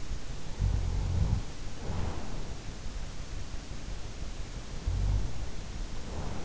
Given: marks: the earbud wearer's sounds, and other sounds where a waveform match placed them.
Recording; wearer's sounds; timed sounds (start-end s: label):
sounds in sleep by an in-ear microphone; snoring breath
0.60-2.37 s: snoring breath
4.79-6.45 s: snoring breath